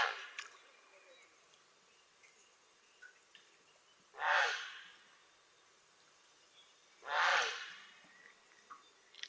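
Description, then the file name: Grey heron delivering two coarse, harsh croaks about three seconds apart over a steady hiss of background noise. "Czapla Siwa"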